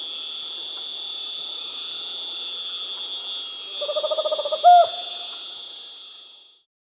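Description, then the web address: Tropical screech-owl, brief pulsed trill ending in a single accented note partway through, with a constant high-pitched insect drone that fades out near the end. South America. "S America Tropical Screech-Owl (Otus choliba)"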